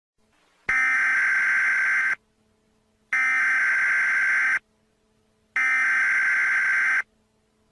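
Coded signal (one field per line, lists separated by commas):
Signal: Emergency Alert System (SAME) tones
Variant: header bursts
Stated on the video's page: Fictional alert for a chat information service.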